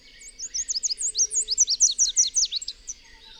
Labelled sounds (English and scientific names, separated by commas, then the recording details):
Chestnut-capped Warbler (Basileuterus delattrii) song
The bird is a male
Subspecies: delattrii
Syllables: 19
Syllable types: 14
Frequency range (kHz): 2.9-9.3 kHz
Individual FV-D12-M